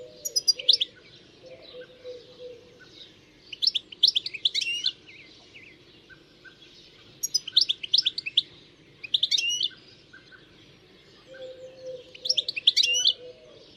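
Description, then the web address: Bird calls: several short bursts of sharp, high chirps in tight clusters, spread throughout, over faint lower tonal notes and a soft background hiss. "Deverinetal. Bird Only"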